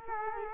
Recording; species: mosquito wingbeat signal from an infrared sensor; Culex quinquefasciatus